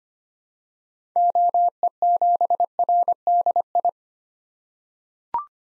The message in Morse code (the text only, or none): OE7RDI